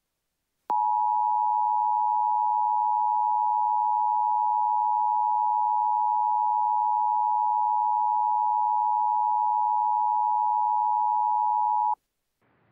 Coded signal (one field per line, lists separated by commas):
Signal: Emergency Alert System (SAME) tones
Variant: 853 and 960 Hz attention tone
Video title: EAS Scenario #13: Invasions Galore, Pt 1: Breaking Point